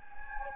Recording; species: mosquito wingbeat signal from an infrared sensor; Anopheles gambiae